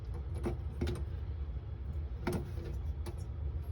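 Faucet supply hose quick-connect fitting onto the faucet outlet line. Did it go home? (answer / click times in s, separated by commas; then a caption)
no / none. A faucet supply hose's quick-connect fitting is handled at the faucet outlet line of a black Honboo 3-hole faucet, Model 3012-C, held at the top while it is worked toward the line. Brief light taps and rattles, sharpest near 0.8, 2.3 and 3.1 seconds, sit over a steady low hum. Nothing has seated or clicked yet.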